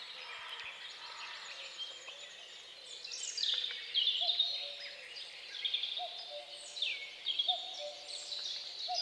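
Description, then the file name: Bird chorus with sharp falling whistled phrases in repeated bursts over short lower notes and constant faint twittering. Dawn birdsong, nature sounds. "Odgłosy Natury Świt i ptaki"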